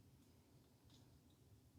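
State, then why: Not seated. While a plastic transforming robot figure is being transformed, a hinged limb is twisted so its plastic tab moves toward its connecting slot. Only a quiet low rumble and faint, soft handling rustles are heard, with brief light high-pitched scrapes near 0.9 s and 1.3 s. The tab has not seated or clicked into place yet.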